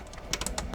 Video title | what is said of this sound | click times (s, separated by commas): The ONLY Way to Change 5.3 Silverado Spark Plugs Without Headaches | until you hear it that double click when you hear that click in that you know you're connected | 0.3 s, 0.6 s